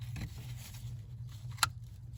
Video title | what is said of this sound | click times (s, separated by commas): HOW TO INSTALL STEERING WHEEL POSITION ANGLE SENSOR ON A 2007 - 2013 CHEVY SILVERADO | Make sure it clicks. Everything's good. Secured. | 1.6 s